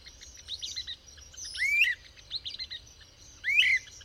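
Bird song of two ringing, upward-sweeping phrases rising above a busy, hissy background of soft chirps.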